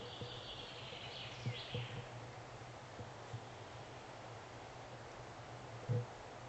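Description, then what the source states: Allen's Hummingbird giving a brief, high, buzzy chatter near the start, then quiet; a low steady hum and a few dull thumps run underneath. Anxiety calls, recorded 4 July 2009.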